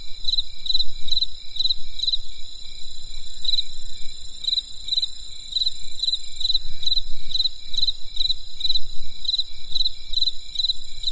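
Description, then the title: Insect: chirps in quick pulsed bursts, mostly regular with a brief pause, above a continuous high ringing drone and low background rumble. Insects calling on a winter night in the countryside. "There was a crisp sound of insects in the winter night. Come and experience a sound therapy feast from the countryside"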